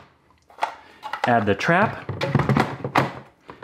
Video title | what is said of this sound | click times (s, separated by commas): The PlankyPro Mouse Trap. Mousetrap Monday | to set it up you place the lid on the bucket it snaps into place | 0.6 s